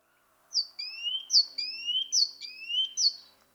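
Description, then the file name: Great tit song: a few quick two-note phrases, a high thin note followed by a lower one, repeated briskly for about three seconds. "Parus major"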